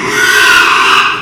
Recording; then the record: squeal of a Yucatan mini pig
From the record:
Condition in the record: after surgery on the right vocal fold (resection and tissue-engineered implant); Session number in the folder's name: 1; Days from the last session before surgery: 6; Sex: male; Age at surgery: 12 weeks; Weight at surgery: 13 kg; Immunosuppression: cyclosporine, prednisolone